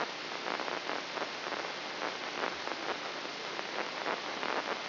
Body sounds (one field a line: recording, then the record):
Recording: brain microelectrode recording played as sound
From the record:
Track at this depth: outside the subthalamic nucleus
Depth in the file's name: 7.504 mm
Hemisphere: left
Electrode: 3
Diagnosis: Parkinson's disease